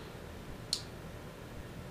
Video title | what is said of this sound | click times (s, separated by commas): R62C8 - Repair an OEM Automotive Wiring Connector - Blind Spot Collision | I'm actually going to push it in until it clicks. | 0.7 s